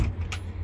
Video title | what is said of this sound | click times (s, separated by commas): Larson Platinum Storm Door Honest Review - #stormdoorguy #diy #install | so to open this door and lock it into place you just push the door until you hear the pop and the door stays propped open | 0.3 s